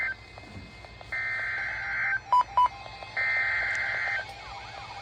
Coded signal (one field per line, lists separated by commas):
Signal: Emergency Alert System (SAME) tones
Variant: header bursts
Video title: Severe T’storm Warning w/ TOR Possible Tag For My Area! - 7/11/25 (EAS #2,145-2,149)